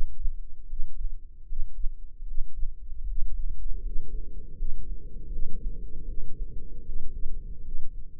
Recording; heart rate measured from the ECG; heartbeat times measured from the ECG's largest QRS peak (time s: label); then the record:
heart sounds by microphone in the left ear; 78 bpm
0.65 s: heartbeat
1.44 s: heartbeat
2.23 s: heartbeat
3.03 s: heartbeat
3.78 s: heartbeat
4.54 s: heartbeat
5.29 s: heartbeat
6.04 s: heartbeat
6.81 s: heartbeat
7.60 s: heartbeat
From the record:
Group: healthy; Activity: breath hold 0-2 s, rest 2-8 s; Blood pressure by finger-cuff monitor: 114/68 mmHg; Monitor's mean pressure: 83 mmHg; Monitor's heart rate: 77 bpm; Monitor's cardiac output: 6.4 L/min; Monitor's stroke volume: 82 mL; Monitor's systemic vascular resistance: 910 dyn s/cm5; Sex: female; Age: 22 years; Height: 171 cm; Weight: 65.6 kg